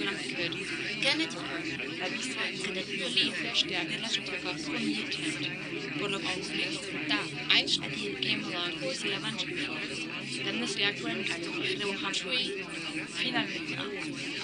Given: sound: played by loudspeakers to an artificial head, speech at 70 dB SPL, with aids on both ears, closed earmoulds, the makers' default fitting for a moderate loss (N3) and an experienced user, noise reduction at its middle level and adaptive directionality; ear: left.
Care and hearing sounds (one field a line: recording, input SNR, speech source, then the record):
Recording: speech test signal (ISTS) in cocktail-party noise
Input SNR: -6 dB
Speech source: in front (0 degrees)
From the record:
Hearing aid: class 2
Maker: D